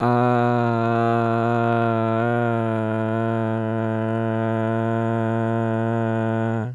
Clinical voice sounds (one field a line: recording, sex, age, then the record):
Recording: sustained vowel /a/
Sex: male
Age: 20 to 29 years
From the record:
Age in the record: 24 years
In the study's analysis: included